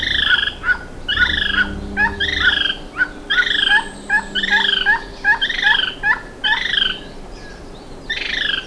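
Bird giving ringing calls in irregular bursts, some doubled, with a low hum under the first half.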